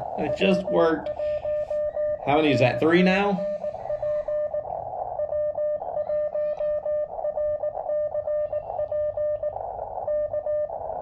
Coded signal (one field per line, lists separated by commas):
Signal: Morse code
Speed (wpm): 18 wpm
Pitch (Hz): 600 Hz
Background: speech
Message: W1RCP W1RCP K